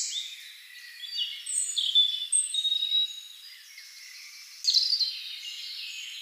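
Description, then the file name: European robin song: high, varied warbling phrases with thin sliding whistles and short trills, a pause, then a bright burst near the end. "Erithacus rubecula"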